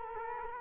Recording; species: mosquito wingbeat signal from an infrared sensor; Culex quinquefasciatus